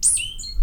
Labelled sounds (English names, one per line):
Stitchbird song